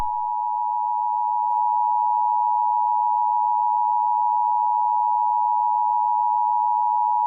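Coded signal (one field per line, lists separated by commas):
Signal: Emergency Alert System (SAME) tones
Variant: 853 and 960 Hz attention tone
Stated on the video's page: Simulated EAS scenario of extreme wind warnings for a hurricane.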